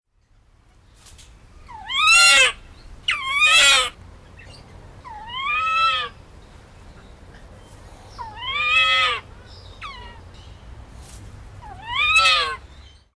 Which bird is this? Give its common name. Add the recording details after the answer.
Salmon-crested Cockatoo. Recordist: Tembrock, Günter. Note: Einzelrufe